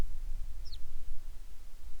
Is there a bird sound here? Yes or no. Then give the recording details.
yes. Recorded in the Prudhoe Bay oil fields, Alaska, on 10 July 2019 at 09:30. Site 11